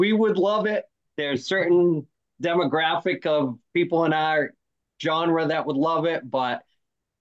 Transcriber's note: none